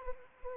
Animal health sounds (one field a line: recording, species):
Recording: mosquito wingbeat signal from an infrared sensor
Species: Anopheles arabiensis